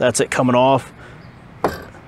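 A corner of a robotic mower's plastic body shell is pushed down so it snaps back onto its joystick collision-sensor controller mount. Someone talks at first, then a sharp snap at 1.6 s marks the corner seating securely.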